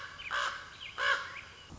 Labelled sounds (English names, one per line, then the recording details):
Common Raven
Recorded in Sonoma County, California